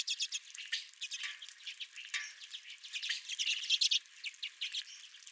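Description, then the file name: Redpolls calling as a flock, dense overlapping high chirps and buzzy trills, with louder bursts early and near the end and a brief dip in the middle. Several redpolls at the recordist's own feeder. "Redpolls at My Feeder"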